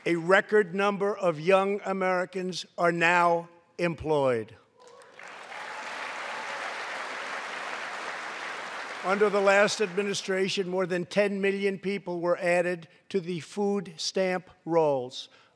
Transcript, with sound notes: A record number of young Americans are now employed. (Applause.) Under the last administration, more than 10 million people were added to the food stamp rolls.